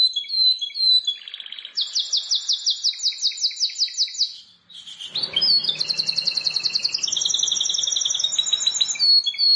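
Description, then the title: Plain Prinia song: fast trains of high, sharply repeated notes, pausing midway, then resuming with a longer, steadier, slightly rising series of rapid chirps. "Ciblek Sawah"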